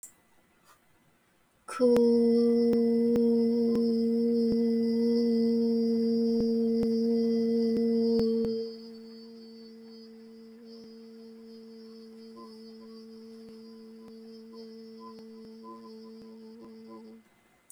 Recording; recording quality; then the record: sustained vowel as in boot; excellent, no background noise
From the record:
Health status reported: healthy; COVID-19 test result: not tested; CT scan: not taken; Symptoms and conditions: cough, cold, breathing difficulty, muscle pain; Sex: female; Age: 21 years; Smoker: no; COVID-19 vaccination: none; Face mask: not worn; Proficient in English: no